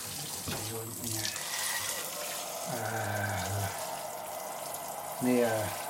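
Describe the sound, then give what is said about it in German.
A tap runs steadily, a continuous broad hiss of pouring water that fills the whole stretch, while a voice speaks in three short bursts over it. “Na, nun machen Sie mal das Wasser an.”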